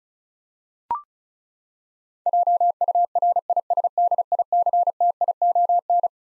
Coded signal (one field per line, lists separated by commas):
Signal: Morse code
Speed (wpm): 36 wpm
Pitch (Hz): 700 Hz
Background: none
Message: JURISDICTION